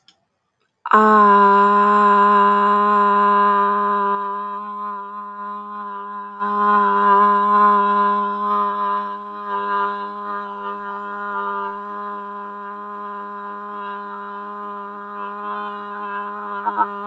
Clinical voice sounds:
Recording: vowel held as long as possible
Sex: female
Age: 20 to 29 years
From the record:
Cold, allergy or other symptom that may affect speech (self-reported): no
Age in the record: 24 years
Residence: Texas, United States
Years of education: 16

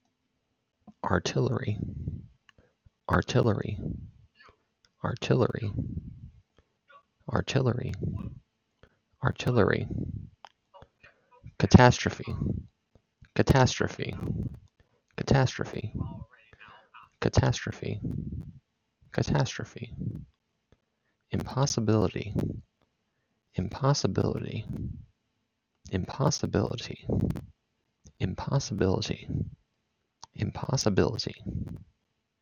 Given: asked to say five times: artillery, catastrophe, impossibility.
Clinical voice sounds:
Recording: three words, each repeated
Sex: male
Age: 30 to 39 years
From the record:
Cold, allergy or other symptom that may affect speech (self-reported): no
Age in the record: 30 years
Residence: Pennsylvania, United States

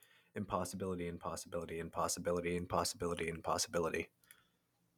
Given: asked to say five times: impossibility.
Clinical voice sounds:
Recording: repeated word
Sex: male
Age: 20 to 29 years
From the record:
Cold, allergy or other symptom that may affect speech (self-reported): no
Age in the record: 24 years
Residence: North Carolina, United States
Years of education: 17

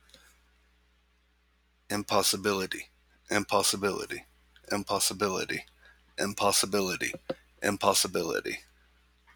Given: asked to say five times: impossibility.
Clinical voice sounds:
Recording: repeated word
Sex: male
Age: 30 to 39 years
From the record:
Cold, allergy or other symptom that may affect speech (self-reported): no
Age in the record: 35 years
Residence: Alabama, United States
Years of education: 12

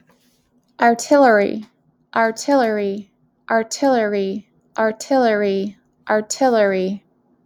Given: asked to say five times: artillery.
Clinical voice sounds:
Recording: repeated word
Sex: female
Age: 30 to 39 years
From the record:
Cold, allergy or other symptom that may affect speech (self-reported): no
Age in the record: 31 years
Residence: Massachusetts, United States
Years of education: 15

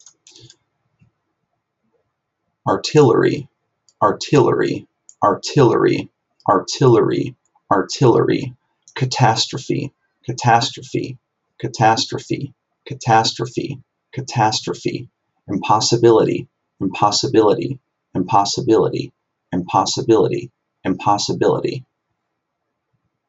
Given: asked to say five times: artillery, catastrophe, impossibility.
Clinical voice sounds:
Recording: three words, each repeated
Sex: male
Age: 30 to 39 years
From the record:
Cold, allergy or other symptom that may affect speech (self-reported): no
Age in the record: 31 years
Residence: Wisconsin, United States

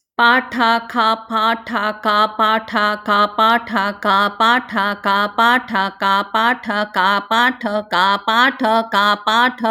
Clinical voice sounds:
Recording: repeated syllables /pa ta ka/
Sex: female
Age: 50 to 59 years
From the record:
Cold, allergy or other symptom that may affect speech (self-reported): no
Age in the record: 54 years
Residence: Virginia, United States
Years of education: 17

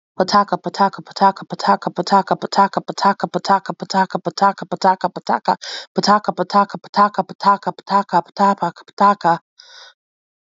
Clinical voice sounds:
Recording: repeated syllables /pa ta ka/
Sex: female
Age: 30 to 39 years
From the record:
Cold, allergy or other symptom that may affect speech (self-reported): no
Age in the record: 32 years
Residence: Delaware, United States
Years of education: 16

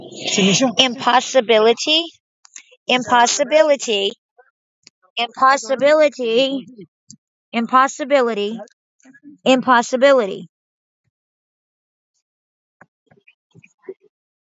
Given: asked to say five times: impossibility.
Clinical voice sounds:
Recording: repeated word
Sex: female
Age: 40 to 49 years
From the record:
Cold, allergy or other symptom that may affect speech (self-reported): no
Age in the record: 40 years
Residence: Alabama, United States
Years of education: 14

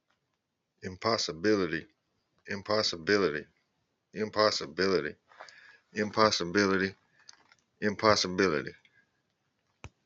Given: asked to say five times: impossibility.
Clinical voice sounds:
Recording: repeated word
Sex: male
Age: 40 to 49 years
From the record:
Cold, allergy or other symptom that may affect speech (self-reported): no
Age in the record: 49 years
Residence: Georgia, United States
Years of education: 12

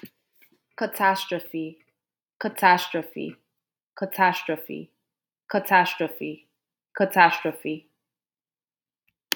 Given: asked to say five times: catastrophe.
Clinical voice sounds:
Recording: repeated word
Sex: female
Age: 20 to 29 years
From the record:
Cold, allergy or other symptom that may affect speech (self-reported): no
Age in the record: 25 years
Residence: New York, United States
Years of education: 18

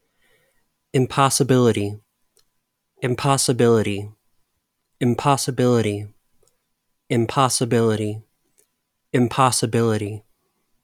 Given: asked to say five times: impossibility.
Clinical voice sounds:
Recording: repeated word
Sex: male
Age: 30 to 39 years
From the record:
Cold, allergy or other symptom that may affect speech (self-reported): no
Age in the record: 31 years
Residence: Texas, United States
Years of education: 14

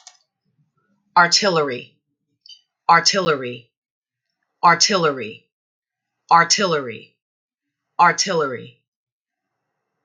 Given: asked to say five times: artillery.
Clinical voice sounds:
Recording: repeated word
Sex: female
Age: 40 to 49 years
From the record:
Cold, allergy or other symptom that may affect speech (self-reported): no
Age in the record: 42 years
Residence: New York, United States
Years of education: 24

